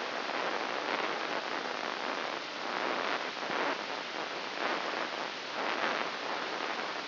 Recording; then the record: brain microelectrode recording played as sound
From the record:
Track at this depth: inside the subthalamic nucleus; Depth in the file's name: 2.604 mm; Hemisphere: right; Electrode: 3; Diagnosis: Parkinson's disease